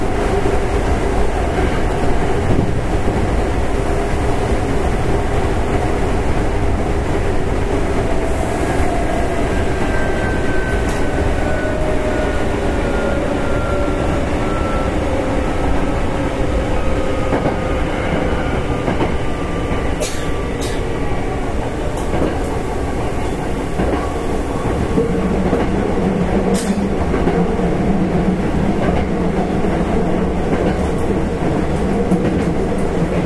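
An express train on the Takarazuka Line runs with a dense, steady rumble that holds the same loudness throughout. From about 8 to 22 seconds a motor whine slides slowly downward in pitch. Sharp clicks from the track stand out near 20 and 26 seconds.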